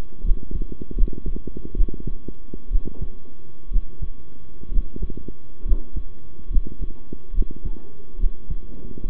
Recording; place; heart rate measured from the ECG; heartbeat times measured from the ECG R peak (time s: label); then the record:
heart sounds by stethoscope; between the tricuspid and mitral areas; 68 bpm
0.23 s: heartbeat
0.95 s: heartbeat
1.75 s: heartbeat
2.70 s: heartbeat
3.70 s: heartbeat
4.71 s: heartbeat
5.64 s: heartbeat
6.49 s: heartbeat
7.33 s: heartbeat
8.18 s: heartbeat
9.05 s: heartbeat
From the record:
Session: rest, sitting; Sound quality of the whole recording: good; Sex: male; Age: 23 years